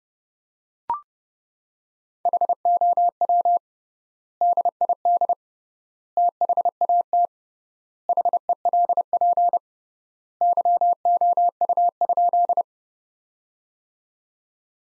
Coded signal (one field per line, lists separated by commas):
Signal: Morse code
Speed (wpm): 30 wpm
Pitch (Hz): 700 Hz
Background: none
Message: HOW DID THAT HELP YOU?